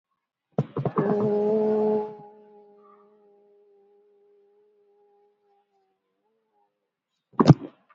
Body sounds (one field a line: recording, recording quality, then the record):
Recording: sustained vowel as in boot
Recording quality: moderate, slight background noise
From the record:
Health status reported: respiratory illness, not identified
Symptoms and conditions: fever, fatigue, muscle pain, asthma, diabetes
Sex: female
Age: 70 years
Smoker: no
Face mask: worn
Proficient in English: no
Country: India